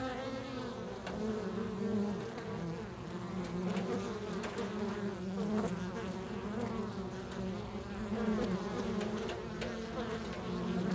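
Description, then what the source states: Bees buzzing in a thick, sustained hum with wavering pitch, a few faint clicks in between. Bees in a field.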